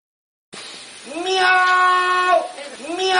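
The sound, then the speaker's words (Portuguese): A man loudly shouts a long, drawn-out meow at a wolf in imitation of a cat, his voice rising and wavering, then starts a second meow right after. “Fique com o homem gritando miau para o lobo.”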